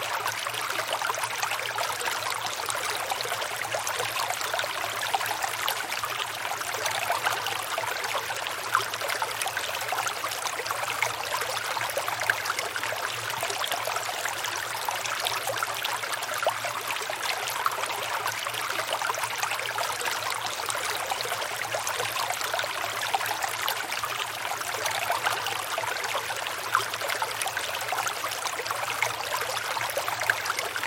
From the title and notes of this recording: River Sounds During Night for Deep Sleep.